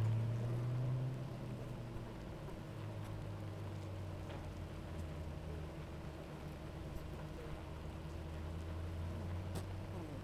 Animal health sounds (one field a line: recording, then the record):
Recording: honeybee colony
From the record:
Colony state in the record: active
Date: 28 July 2017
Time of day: 9:54